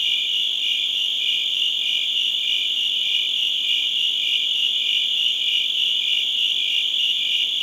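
Cricket chorus, a continuous high shimmer of trilling, with a lower chirp pulsing throughout.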